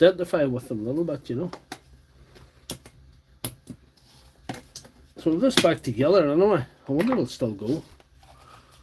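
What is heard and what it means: Someone talks while reassembling an SDS hammer drill, handling an internal part that is going back into the tool's housing, with several short, sharp handling taps and knocks between the talk. The part is not yet home and nothing has seated or clicked into place yet.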